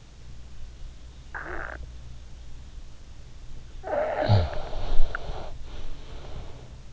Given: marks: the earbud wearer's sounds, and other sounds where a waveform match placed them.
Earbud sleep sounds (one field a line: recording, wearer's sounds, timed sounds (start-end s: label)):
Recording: sounds in sleep by an in-ear microphone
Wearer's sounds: snoring breath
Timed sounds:
1.23-1.85 s: snoring breath
3.80-6.72 s: snoring breath